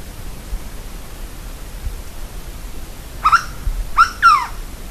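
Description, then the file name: Three harmonic bird call notes arrive late, the last sweeping downward, over soft steady background noise. "SABIOD 50 bird 2015"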